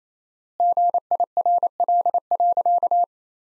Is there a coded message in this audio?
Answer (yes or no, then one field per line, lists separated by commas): yes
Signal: Morse code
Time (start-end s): 0.6-3.0 s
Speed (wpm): 27 wpm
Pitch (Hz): 700 Hz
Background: none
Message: GIRL.